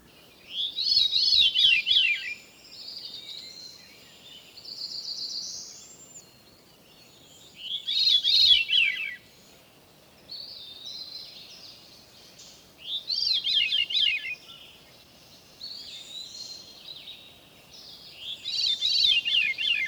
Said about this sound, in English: Now the descending spirals of the veery.